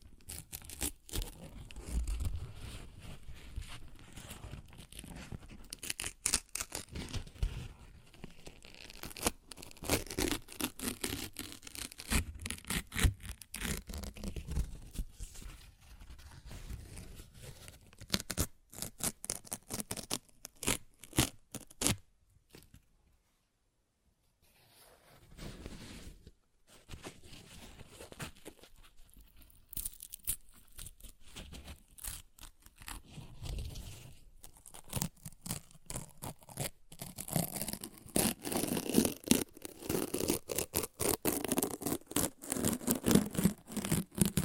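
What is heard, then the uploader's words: Paper is ripped and torn in dense, crackling bursts, with a brief silence near 24 seconds before louder, brighter tearing resumes. ASMR Paper Ripping Tearing Sounds (No Talking).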